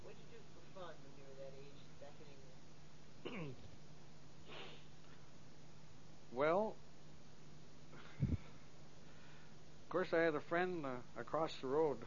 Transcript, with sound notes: What did you do for fun when you were that age back in England?
(clear throat) Well... 'course I had a friend across the road.